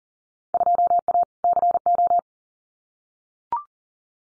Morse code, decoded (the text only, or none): 2A CO